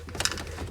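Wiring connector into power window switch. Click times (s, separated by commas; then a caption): 0.2 s. A wiring connector is plugged into the power window switch during dash reassembly on a Jeep Wrangler JK. A few faint ticks lead up to a sharp, bright click at about 0.3 s. The connector seats.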